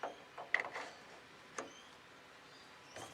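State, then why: Not seated. A tool holder is handled onto a lathe quick-change tool post while being swapped over to lock in place. A few short knocks and scrapes are heard, sharpest around 0.5 s, with another tap near 1.6 s and a faint rustle at the end. Nothing has seated or clicked yet.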